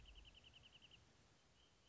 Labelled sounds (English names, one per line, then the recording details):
Wrentit
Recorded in Sonoma County, California